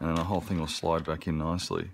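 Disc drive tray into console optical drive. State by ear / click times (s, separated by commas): not seated / none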